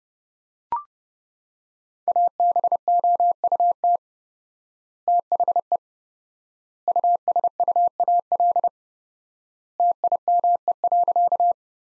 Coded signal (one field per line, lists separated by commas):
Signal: Morse code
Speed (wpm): 30 wpm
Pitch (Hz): 700 Hz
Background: none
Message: ABOUT THE USUAL TIME.